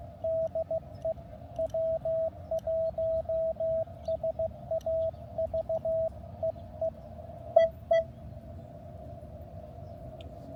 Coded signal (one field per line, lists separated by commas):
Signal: Morse code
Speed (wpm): 16 wpm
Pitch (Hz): 660 Hz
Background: radio noise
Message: DE W1SAV EE EE